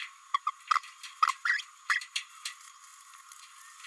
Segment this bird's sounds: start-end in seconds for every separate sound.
0.34-0.39, 0.46-0.51, 0.70-0.80, 1.22-1.27, 1.45-1.62, 1.89-2.00